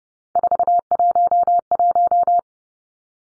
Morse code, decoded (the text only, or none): 411